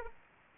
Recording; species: mosquito wingbeat signal from an infrared sensor; Aedes aegypti